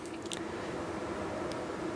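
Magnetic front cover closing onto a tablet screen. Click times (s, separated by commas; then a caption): 0.3 s. A magnetic front cover is closed over an iPad 2's screen and snaps into place against the glass with a short click at 0.3 s, putting the screen to sleep. The cover is seated, and steady low background noise continues through the rest of the clip.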